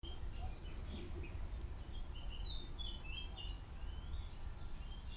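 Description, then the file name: Eurasian wren calls: sharp, high, thin notes repeated irregularly every one to two seconds, with faint chirps from other birds and low background rumble. "Troglodytes troglodytes"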